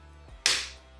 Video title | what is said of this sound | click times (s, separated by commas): Special Features of the EVOCHAIN® – Part 1 EVOLOCK® #Chainwhisperer | and the undercut we can hear this click | 0.5 s